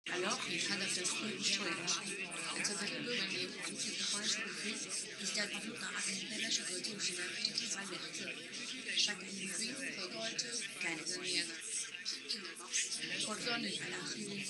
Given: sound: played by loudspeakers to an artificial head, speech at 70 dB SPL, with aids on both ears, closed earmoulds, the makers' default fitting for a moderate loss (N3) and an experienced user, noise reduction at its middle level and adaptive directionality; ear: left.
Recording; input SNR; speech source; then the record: speech test signal (ISTS) in cocktail-party noise; 0 dB; on the right (90 degrees)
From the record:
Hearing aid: class 1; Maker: H